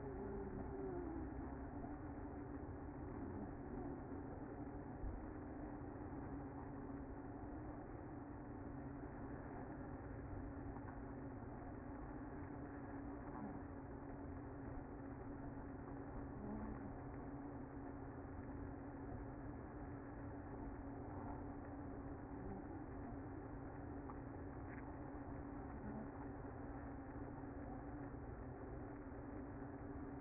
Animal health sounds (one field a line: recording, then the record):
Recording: honeybee colony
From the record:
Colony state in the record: active